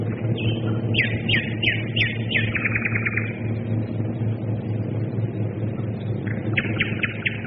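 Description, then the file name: Nightingale song with a rapid run of repeated downslurred whistled notes, pausing, then resuming, while loud droning engine noise runs throughout. Nightingales singing together with bombers during World War II, 1942. "1942-xx-xx nightingales and bombers"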